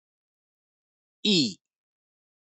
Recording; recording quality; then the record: sustained vowel as in beet; excellent, no background noise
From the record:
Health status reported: healthy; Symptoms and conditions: none ticked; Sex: male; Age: 35 years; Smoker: not ticked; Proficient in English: yes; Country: India